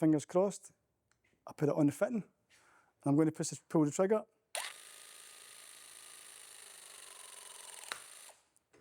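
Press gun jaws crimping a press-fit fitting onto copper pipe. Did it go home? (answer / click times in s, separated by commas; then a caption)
yes / 7.8 s, 7.9 s. Someone talks, then a battery press gun with its jaws on a copper press-fit plumbing fitting on copper pipe starts at about 4.6 s, and its motor whirs steadily. The gun clicks at 7.8 s and 7.9 s as the crimp completes, and the motor stops shortly after. The press-fit fitting is fully crimped onto the pipe.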